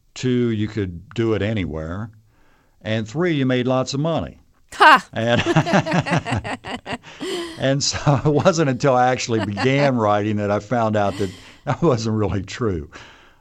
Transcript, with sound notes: Two, you could do it anywhere. And three, you made lots of money.
Ha.
(LAUGHTER)
And so it wasn't until I actually began writing that I found out that that wasn't really true.